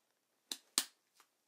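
An ECG lead's snap connector is pressed onto the metal stud of a sticky electrode pad, giving two sharp clicks at 0.5 s and 0.8 s, the second louder, followed by fainter rustles near 1.2 s and 1.5 s. The lead is seated and confirmed on the pad.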